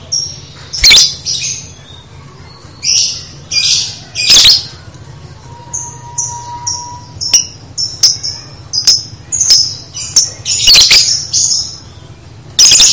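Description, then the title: Bird song made of clustered high chirps and short whistled notes in quick runs, with a steady lower whistle in the middle and sharp clicks scattered throughout. Masteran, used for training birds to sing. "LuckyBurung MasteranBest"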